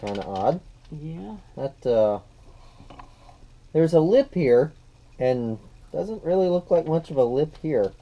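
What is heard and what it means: A plastic saddle is being handled and pressed onto the back of a Dewback action figure after an earlier failed try, while someone talks. Between the speech there are only faint small handling ticks around 2.9 to 3.0 seconds. Nothing has seated or clicked yet.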